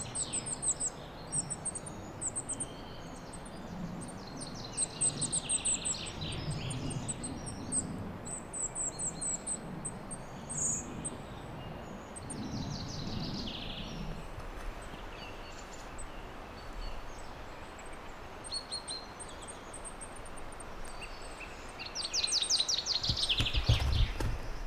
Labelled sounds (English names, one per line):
Goldcrest call